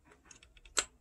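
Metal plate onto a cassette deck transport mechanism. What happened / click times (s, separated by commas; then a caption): The metal plate snapped into place / 0.8 s. A metal plate is pressed onto the transport mechanism of a Sony TC-WR635S cassette deck during a belt replacement. Several faint ticks come before a sharp, bright snap at 0.8 s as the plate seats into place.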